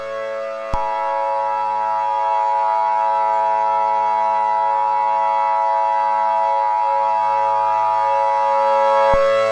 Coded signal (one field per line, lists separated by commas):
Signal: Emergency Alert System (SAME) tones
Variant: 853 and 960 Hz attention tone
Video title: EAS Scenario #5: Gamma Ray Burst